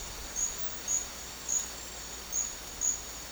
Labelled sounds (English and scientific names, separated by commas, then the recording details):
none
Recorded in secondary vegetation near Puerto Asís, Putumayo, Colombia, on 8 March 2025 at 13:00
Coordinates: 0.499, -76.323
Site G094